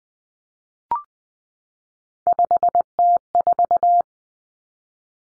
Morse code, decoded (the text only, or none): 5T4